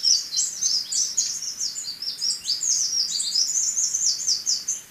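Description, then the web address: Spectacled whitestart song: a continuous, rapid, high twittering of chips and short slurred notes, running unbroken throughout. Recorded in Ecuador. "Birds of Ecuador. Spectacled Whitestart"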